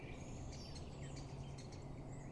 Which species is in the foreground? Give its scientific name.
Dendrocopos major